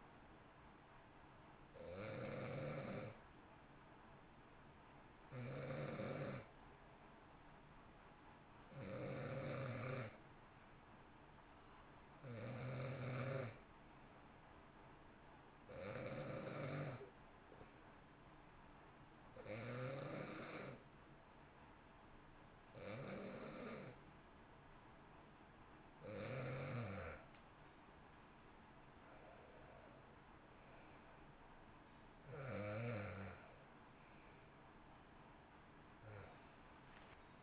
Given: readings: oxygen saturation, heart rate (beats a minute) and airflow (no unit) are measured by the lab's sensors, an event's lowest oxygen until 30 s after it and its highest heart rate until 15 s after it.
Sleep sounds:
breathing in sleep by a voice recorder at the bedside; 1
3.00-29.50 s: hypopnea (N2, oxygen 93% highest, then 90% lowest, heart rate 57 at the start, 67 highest)
27.00-37.42 s: new sleep stage, N1 (lightest sleep)
From the record:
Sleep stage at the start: N2 (light sleep); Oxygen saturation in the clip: 91 to 93%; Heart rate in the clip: 56 to 67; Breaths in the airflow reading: 11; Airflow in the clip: -7.2 to 10.6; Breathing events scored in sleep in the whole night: 328 in 6.3 hours asleep

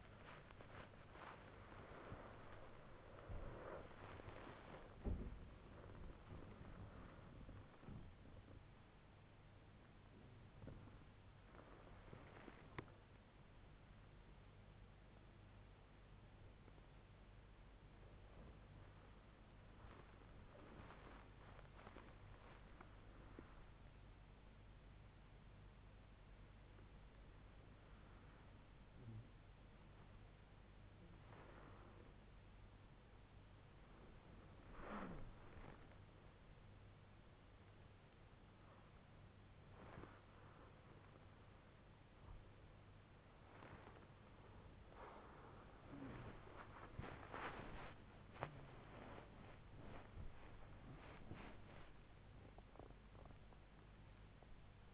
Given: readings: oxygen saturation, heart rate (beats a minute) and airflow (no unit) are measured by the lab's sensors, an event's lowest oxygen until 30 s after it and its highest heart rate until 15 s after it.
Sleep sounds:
a person awake in a sleep study, by a voice recorder at the bedside; none
34.00-54.94 s: awake
From the record:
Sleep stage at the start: awake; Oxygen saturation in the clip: 87 to 98%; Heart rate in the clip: 74 to 99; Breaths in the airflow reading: 17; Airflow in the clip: -7.2 to 6.9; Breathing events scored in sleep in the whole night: 158 in 7.3 hours asleep

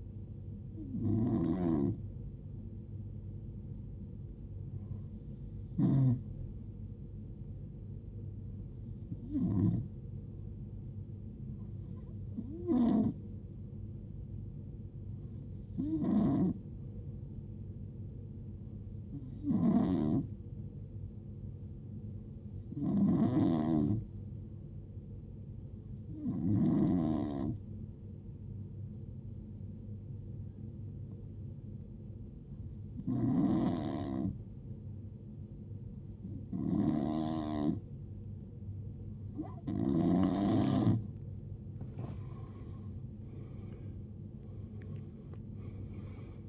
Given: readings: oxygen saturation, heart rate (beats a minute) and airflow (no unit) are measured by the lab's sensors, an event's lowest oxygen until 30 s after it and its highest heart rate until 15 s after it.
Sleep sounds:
breathing in sleep by a smartphone at the bedside; 1
5.00-40.40 s: hypopnea (N2, oxygen 92% highest, then 84% lowest, heart rate 63 at the start, 82 highest)
From the record:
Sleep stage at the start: N2 (light sleep); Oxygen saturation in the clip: 85 to 92%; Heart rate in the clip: 63 to 80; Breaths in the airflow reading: 14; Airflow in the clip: -16.2 to 15.3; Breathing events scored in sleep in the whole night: 389 in 6.3 hours asleep

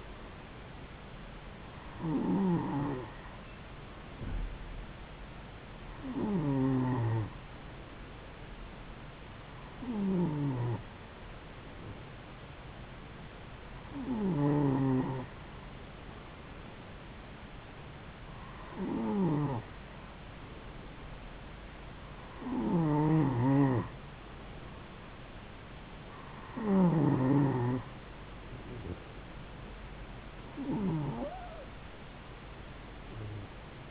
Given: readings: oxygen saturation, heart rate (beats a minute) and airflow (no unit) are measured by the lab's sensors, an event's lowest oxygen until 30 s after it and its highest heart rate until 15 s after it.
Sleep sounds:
breathing in sleep by a voice recorder at the bedside; none
none scored
From the record:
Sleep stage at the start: N2 (light sleep); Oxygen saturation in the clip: 92 to 93%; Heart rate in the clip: 66 to 72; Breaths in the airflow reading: 8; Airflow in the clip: -3.8 to 2.8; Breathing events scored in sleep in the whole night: 270 in 6.1 hours asleep

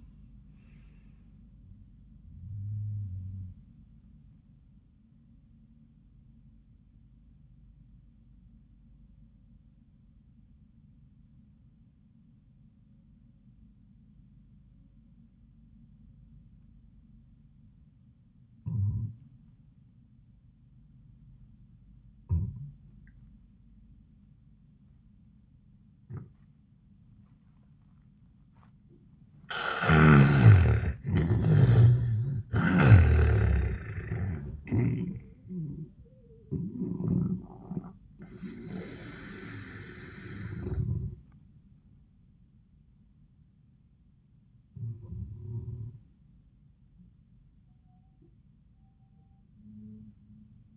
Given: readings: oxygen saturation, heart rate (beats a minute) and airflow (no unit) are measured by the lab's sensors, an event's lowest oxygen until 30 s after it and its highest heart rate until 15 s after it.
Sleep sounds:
breathing in sleep by a smartphone at the bedside; 1
9.00-28.90 s: obstructive apnea (N2, oxygen 95% highest, then 76% lowest)
From the record:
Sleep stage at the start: N2 (light sleep); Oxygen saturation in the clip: 75 to 95%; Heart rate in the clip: 69 to 97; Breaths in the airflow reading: 6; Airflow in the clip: -28.2 to 15.8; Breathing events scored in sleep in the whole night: 400 in 8.7 hours asleep

